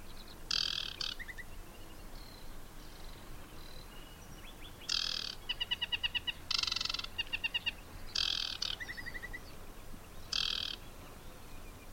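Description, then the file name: Aquatic warbler singing short phrases that alternate harsh, buzzy churring bursts with rapid series of clear, repeated whistled notes, separated by brief pauses. "Vattensangare"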